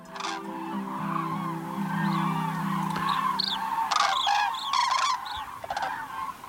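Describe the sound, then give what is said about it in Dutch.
Thousands of common cranes call in flight in V-shaped formations heading south, seen from the motorway near Cologne, Germany: a chorus of repeated trumpeting, honking cries rising and overlapping over a steady low drone, with louder bursts toward the end. “Duizenden, duizenden kraanvogels in V-vormige slierten die naar het zuiden trokken.”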